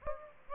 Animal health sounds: mosquito wingbeat signal from an infrared sensor; Aedes aegypti

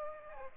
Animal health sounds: mosquito wingbeat signal from an infrared sensor; Aedes aegypti

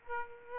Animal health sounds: mosquito wingbeat signal from an infrared sensor; Aedes aegypti

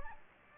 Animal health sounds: mosquito wingbeat signal from an infrared sensor; Aedes aegypti

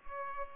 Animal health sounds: mosquito wingbeat signal from an infrared sensor; Culex pipiens

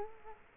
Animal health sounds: mosquito wingbeat signal from an infrared sensor; Culex quinquefasciatus

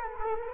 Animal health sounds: mosquito wingbeat signal from an infrared sensor; Culex quinquefasciatus

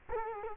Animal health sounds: mosquito wingbeat signal from an infrared sensor; Culex quinquefasciatus

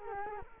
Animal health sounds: mosquito wingbeat signal from an infrared sensor; Culex quinquefasciatus

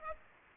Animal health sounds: mosquito wingbeat signal from an infrared sensor; Aedes aegypti

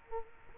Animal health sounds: mosquito wingbeat signal from an infrared sensor; Culex quinquefasciatus

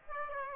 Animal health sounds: mosquito wingbeat signal from an infrared sensor; Aedes aegypti

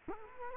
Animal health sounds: mosquito wingbeat signal from an infrared sensor; Culex quinquefasciatus

